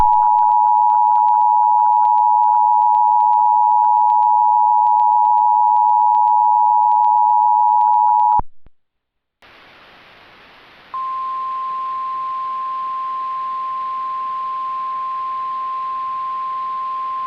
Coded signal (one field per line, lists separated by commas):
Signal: Emergency Alert System (SAME) tones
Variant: 853 and 960 Hz attention tone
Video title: EAS Mock - Mobius City Severe T'Storms (Remastered)